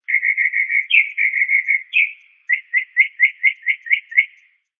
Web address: SFXSource. Mocking Bird Call